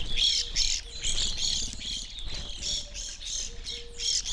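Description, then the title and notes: Evening grosbeaks giving chattering flock calls, quick overlapping high chirps about two or three per second, with a few faint low whistles. Flock of birds feeding on sunflower seeds at a backyard feeder hanging in a birch tree; relatively warm winter morning; McCloud, Siskiyou County, California; recorded with two microphones on either side of the tree trunk. "I recorded this at my home in the small town of McCloud in Siskiyou County, California. It was a relatively warm winter morning, and a flock of Evening Grosbeaks was busily eating a breakfast of sunflower seeds from a feeder hanging from the branch of a birch tree in my backyard."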